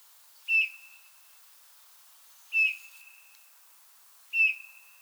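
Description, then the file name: Eurasian bullfinch giving soft, piping whistled calls, each a short fading note, three spaced about two seconds apart against a quiet background. "Pyrrhula pyrrhula"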